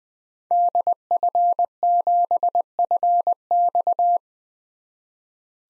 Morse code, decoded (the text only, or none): DF7FX